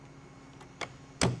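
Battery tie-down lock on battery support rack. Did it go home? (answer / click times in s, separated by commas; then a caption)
no / none. A battery tie-down lock on the battery support rack of a 1992 Mustang being converted to electric is handled, with a faint tick near 0.6 s and a sharper metallic tap at 0.8 s. Two loud, broadband knocks follow at 1.2 s and 1.4 s. The lock-down has not clicked into place yet, and nothing has seated by the end of the clip.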